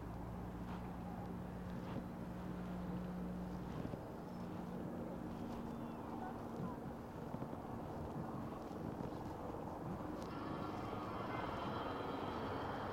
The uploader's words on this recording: A stereo recording of biking from Harlem to the Bronx. The audio’s a bit muted because the mic is in my backpack.